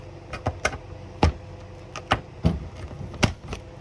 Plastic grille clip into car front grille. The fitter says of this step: okay i don't know if you heard that but it does start to pop in